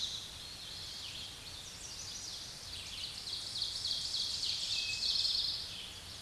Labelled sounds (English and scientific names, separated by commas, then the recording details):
Ovenbird (Seiurus aurocapilla) song
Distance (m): 40 m
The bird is about level with the microphone
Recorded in a Pennsylvania forest on 16 May 2024 at 06:32
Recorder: AudioMoth, point MSD-1338
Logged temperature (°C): 12.6 °C
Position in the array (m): 135 m, 6 m